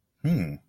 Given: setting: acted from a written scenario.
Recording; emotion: vocal sound without words; desire